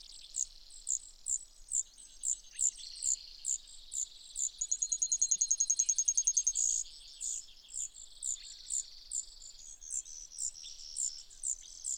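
Brewer's sparrow song: high spaced chips and buzzy trills, a run of rapid repeated notes midway, then short sharp chips about every half second.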